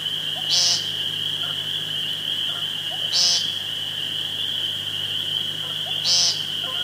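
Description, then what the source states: Woodcock giving three loud high squeaks roughly three seconds apart, with soft croaks below and a persistent shrill hum. Recorded 2 June 2013 on a phone.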